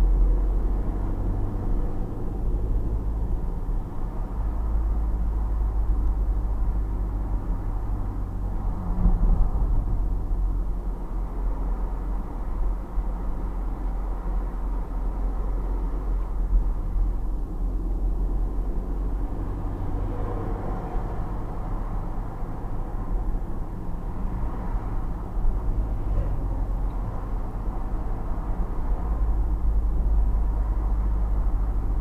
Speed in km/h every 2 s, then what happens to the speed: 31, 38, 38, 38, 35, 33, 33, 31, 33, 31, 35, 37, 38, 40, 38, 38.
0-2 speeds up to 38. 2-19 steady at about 33. 19-21 speeds up to 37. 21-32 steady at about 38.